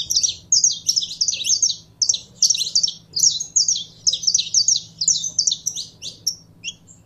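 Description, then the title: Belgian canary song, a brisk stream of high, sharp chirped notes in short bursts, with a faint hum below. Song of a pure Belgian canary. "Canto Do Canário Belga Puro"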